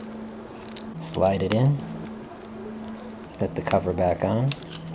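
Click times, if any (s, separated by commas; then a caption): none. The plastic battery cover on a Mitsubishi key fob (Outlander, Mirage, Eclipse or Lancer, 2016–2023) is being put back onto the housing after a new CR1620 coin battery is fitted. There are a few faint ticks of handling while someone talks, and nothing has clicked or seated yet.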